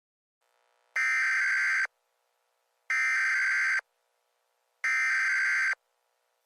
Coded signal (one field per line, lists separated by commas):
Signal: Emergency Alert System (SAME) tones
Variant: header bursts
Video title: EAS Short Scenario 53 | Infinity MPH Hurricane